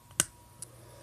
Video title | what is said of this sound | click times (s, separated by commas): Doctor Prime S5 E7 Titans Return Graz And Skullcruncher Review | and then his knee will lock into place. | 0.2 s